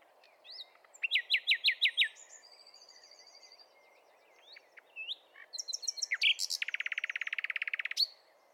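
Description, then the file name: Common nightingale song: a fast burst of sharp repeated notes, a pause with faint twittering, then loud varied notes ending in a rapid, buzzy rattling trill. "Luscinia megarhynchos"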